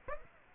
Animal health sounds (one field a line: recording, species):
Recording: mosquito wingbeat signal from an infrared sensor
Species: Aedes aegypti